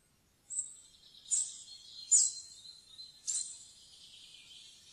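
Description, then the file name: Spotted flycatcher calling: four high, thin, sharp notes spaced roughly a second apart, with quiet fading tails between them. "graa fluesnapper"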